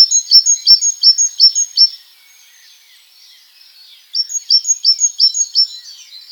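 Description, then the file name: Great tit singing two quick runs of ringing, see-sawing notes, seven or so per run, with a quiet gap of about two seconds between them. "Parus major"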